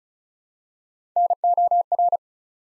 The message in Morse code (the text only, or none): NOR